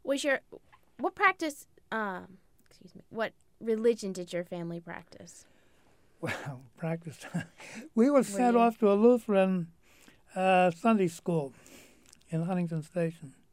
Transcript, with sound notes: Was your, what practice, excuse me. What religion did your family practice?
Well, practiced, (he laughs) we were sent off to a Lutheran Sunday School in Huntington Station